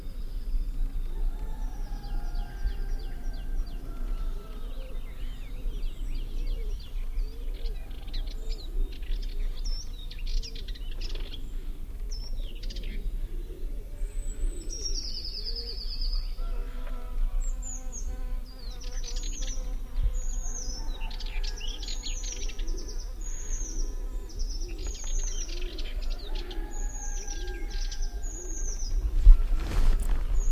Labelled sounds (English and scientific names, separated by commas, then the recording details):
Spectacled Warbler (Sylvia conspicillata)
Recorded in the wild
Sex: male
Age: adult
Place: Praiano, Campania, IT
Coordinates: 40.7833, 14.5333
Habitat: Macchia
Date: 2004-04-04
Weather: 10°C, sunny, almost windless
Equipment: Tascam DA-P1, Sennheiser MKH 70, Windkorb
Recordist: Frommolt, Karl-Heinz
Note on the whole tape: Schlucht bei Praiano: Warnrufe und Gesang einer Maskengrasmücke. Tier nicht gesehen